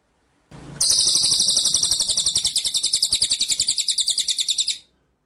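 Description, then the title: White-rumped shama song: one continuous, very fast, high-pitched rattling trill of evenly repeated notes lasting about four seconds, preceded by a short burst of hiss. Masteran (training) track of full continuous rolling song (ngerol) with rapid high bursts (nembak). "Masteran Murai Batu Full Ngerol Nembak"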